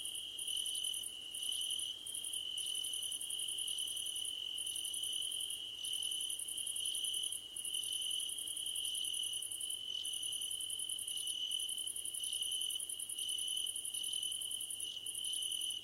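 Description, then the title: Crickets chirping: a steady high ringing tone under rapid pulsed trills that come in bursts of a second or so with brief pauses between. Crickets at night under a starlit sky. "Nighttime Ambience with Crickets"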